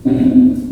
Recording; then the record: squeal of a Yucatan mini pig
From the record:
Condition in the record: after surgery on the right vocal fold (resection and tissue-engineered implant); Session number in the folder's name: 2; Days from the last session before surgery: 18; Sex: female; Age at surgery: 19 weeks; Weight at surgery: 25 kg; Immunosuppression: prednisolone